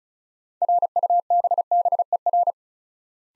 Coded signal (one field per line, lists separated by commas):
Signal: Morse code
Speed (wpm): 36 wpm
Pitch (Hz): 700 Hz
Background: none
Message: RUBBER